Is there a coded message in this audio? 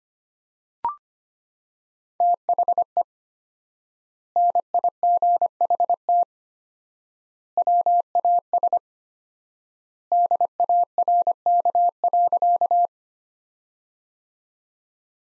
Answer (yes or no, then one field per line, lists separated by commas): yes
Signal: Morse code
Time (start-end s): 2.2-12.9 s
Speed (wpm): 25 wpm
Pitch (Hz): 700 Hz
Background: none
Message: THE NIGHT WAS DARK.